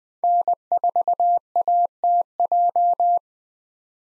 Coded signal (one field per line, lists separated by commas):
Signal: Morse code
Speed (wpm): 20 wpm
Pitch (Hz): 700 Hz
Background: none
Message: N4ATJ